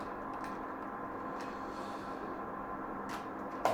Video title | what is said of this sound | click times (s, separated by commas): CHASSE D'EAU REVOLUTIONNAIRE : desodoriser sans s'empoisonner | Enfin, vous cliquez et vous le clipsez dans le petit étang. Donc ça se clipse parfaitement. | 3.6 s